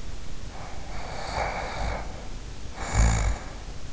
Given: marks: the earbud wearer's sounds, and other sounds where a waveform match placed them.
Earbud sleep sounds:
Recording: sounds in sleep by an in-ear microphone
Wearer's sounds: snoring breath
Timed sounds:
0.40-3.90 s: snoring breath

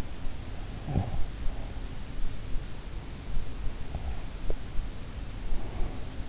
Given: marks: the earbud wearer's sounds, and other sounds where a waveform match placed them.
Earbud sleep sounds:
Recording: sounds in sleep by an in-ear microphone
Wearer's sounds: snoring breath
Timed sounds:
0.77-1.23 s: snoring breath

